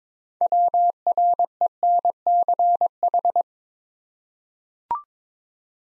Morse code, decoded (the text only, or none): WRENCH